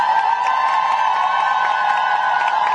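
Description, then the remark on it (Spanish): A large crowd at the opening event of a gathering claps and cheers with a cry of struggle for the day, in a steady, unbroken roar lasting a few seconds, with a sustained high-pitched tone running through the noise and no clear speech. “Así que vamos a darnos un gran aplauso y grito de lucha por esta jornada histórica.”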